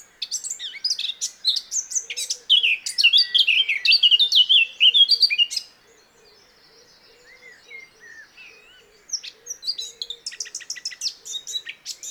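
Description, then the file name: Eurasian blackcap song: a loud, tumbling warble of varied chirps for about five seconds, a quieter interlude, then another burst of rapid twittering. "Sylvia atricapilla"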